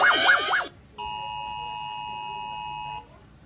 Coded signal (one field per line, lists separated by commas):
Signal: Emergency Alert System (SAME) tones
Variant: 853 and 960 Hz attention tone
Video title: Rating EAS Alarms! (READ DESC)